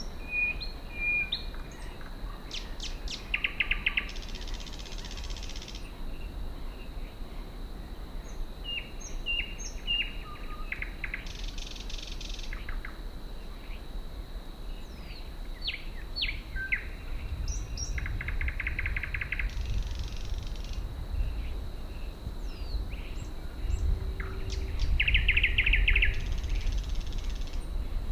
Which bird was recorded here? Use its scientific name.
Luscinia luscinia